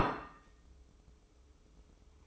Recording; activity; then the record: daily activity, microphone in the room; place plate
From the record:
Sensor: 1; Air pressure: 995.3 hPa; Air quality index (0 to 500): 29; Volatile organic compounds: 1 ppm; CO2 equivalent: 551 ppm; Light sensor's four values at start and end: 13/47/17/17 and 13/47/17/17